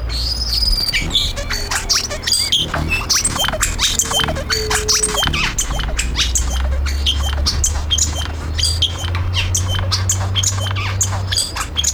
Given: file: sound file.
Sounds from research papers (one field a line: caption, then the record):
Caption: Song of Xilitla lek.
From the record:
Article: Acoustic Divergence with Gene Flow in a Lekking Hummingbird with Complex Songs